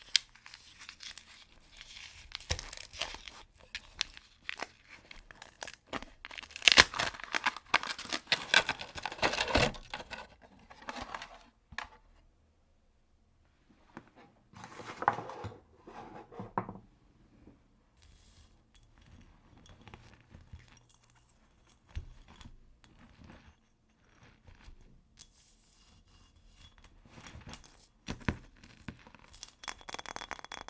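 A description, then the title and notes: Ice being tapped and scratched, with bursts of crisp, crackling scraping that are densest in the first ten seconds and peak around seven. After that come scattered sharp taps and short scrapes, with a brief flurry near fifteen seconds and quiet gaps between them. ASMR Ice Tapping & Scratching (No Talking).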